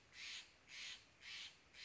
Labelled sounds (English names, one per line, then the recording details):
Steller's Jay
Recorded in Sonoma County, California